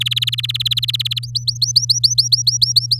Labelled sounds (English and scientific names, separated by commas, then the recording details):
Domestic Canary (Serinus canaria) song
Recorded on 8 May 2018 at 12:44
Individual llb16